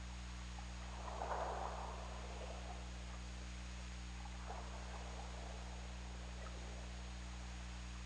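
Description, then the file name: Killer whale call, one rough burst followed by fainter scattered sounds, against constant hum and background hiss. OrcaLab hydrophone, 17 February 2018 at 22:36:19. "Orca Lab UTLN JASON 20180217 223619"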